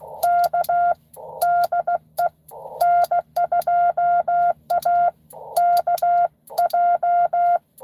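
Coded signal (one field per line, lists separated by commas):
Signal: Morse code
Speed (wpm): 16 wpm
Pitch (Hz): 700 Hz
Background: none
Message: K DE N2AKJ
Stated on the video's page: Live park activation (POTA).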